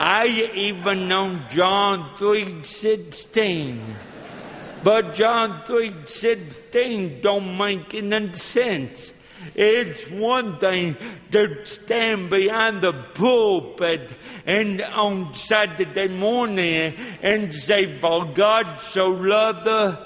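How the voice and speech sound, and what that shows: A man preaches in slow, drawn-out phrases with stretched vowels, swooping pitch, a strongly nasal, fairly high voice, and blurred consonants. This is dysarthric speech from cerebral palsy present since birth, caused by lack of oxygen to the brain when he did not breathe for 18 minutes at birth. It is hard to follow at first but becomes easier to understand after a few minutes.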